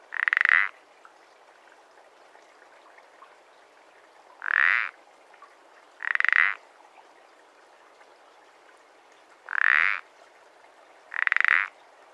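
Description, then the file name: Common parsley frog repeating short, creaking croaks at uneven intervals, with a quiet background between them. "pelodyte-ponctué"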